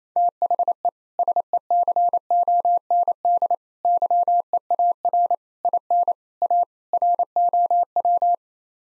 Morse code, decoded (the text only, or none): THE SECOND YEAR IN A ROW